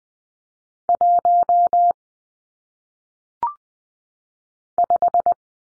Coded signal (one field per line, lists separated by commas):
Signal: Morse code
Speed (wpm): 20 wpm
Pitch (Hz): 700 Hz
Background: none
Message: 1 5